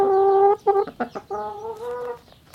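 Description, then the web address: Chicken clucks, starting with a sustained tonal note, then short broken syllables and a long, slightly rising drawn-out cluck that fades at the end. Highliner Brown breed chicken clucking. "Sound Effects-Foundation 1 BIRD CHICKEN HIGHLINER BROWN CLUCK"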